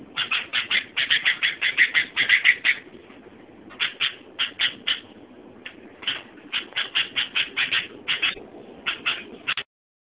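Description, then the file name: Sooty-headed bulbul song: bursts of short, bright chirping notes repeated in quick runs, with brief pauses between phrases. "suara burung kutilang"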